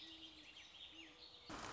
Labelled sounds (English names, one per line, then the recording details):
Great Horned Owl
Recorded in Sonoma County, California